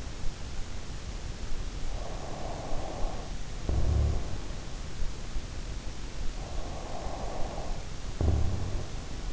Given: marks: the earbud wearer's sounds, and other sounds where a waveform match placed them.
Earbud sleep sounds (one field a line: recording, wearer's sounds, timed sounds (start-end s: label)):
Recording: sounds in sleep by an in-ear microphone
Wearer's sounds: snoring breath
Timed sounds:
1.87-4.88 s: snoring breath
6.36-9.33 s: snoring breath